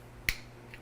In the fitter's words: there you go till it makes a click noise